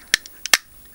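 A plastic rear wing is pressed into the body of a Scalextric McLaren MP4-12c GT3 Gulf slot car, giving sharp snaps at about 0.1, 0.3 and 0.5 seconds. The wing seats firmly into place with the loudest snap at 0.5 seconds.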